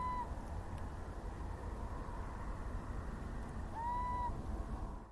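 Little owl call: a clipped note at the start and one clear, slightly rising mewing note near four seconds, over steady low traffic rumble.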